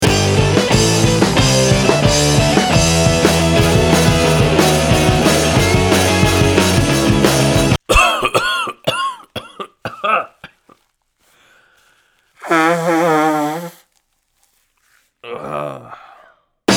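After about eight seconds of music, an adult who is sick with phlegm and taking antibiotics gives a run of roughly six short, harsh cough bursts in quick succession. Two drawn-out voiced groaning sounds follow.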